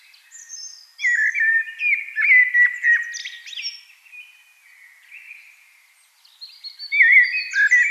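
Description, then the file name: Eurasian blackbird delivering a rich fluted warble with high scratchy flourishes, a quieter trailing section, then a new loud phrase beginning. "Turdus merula"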